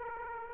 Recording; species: mosquito wingbeat signal from an infrared sensor; Aedes aegypti